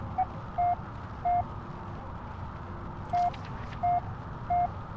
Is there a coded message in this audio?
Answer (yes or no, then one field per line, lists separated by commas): no